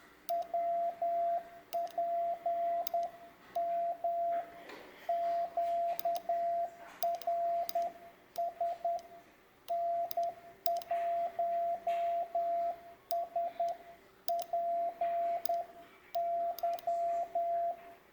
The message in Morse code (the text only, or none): WPM QRS N1SPY